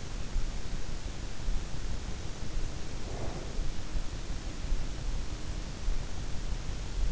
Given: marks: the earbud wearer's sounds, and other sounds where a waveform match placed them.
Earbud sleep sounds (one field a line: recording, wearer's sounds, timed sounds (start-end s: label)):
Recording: sounds in sleep by an in-ear microphone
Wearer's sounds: breath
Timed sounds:
2.72-4.08 s: breath